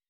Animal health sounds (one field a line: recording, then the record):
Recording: hydrophone in a shrimp aquaculture tank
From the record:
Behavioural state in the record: weakened